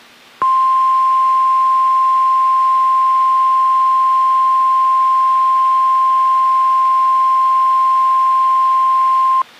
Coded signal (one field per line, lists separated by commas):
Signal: Emergency Alert System (SAME) tones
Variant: 1050 Hz attention tone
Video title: NOAA Weather Radio - Weekly EAS Test - 11/22/17